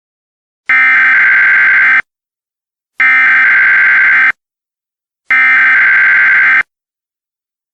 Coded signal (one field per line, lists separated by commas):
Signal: Emergency Alert System (SAME) tones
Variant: header bursts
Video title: EAS Scenario: Fused